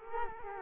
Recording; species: mosquito wingbeat signal from an infrared sensor; Culex quinquefasciatus